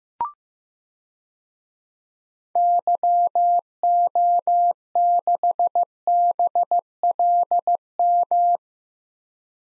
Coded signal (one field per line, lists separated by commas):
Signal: Morse code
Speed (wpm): 15 wpm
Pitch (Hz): 700 Hz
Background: none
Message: YO6BLM